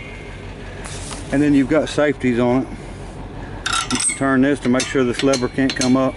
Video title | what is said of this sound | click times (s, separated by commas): How To Use Self Loading Wrecker Dollies | you'll hear it pop | 0.9 s